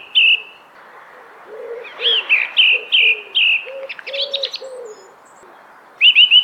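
Thrush song of whistled repeated notes and a scratchy twittering passage, with lower soft notes underneath, then another set of repeated whistles at the end.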